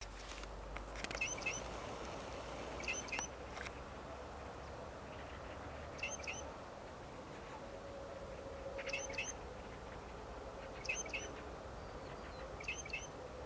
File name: Golosa ptic - Klinohvostyj sorokoput Lanius sphenocercus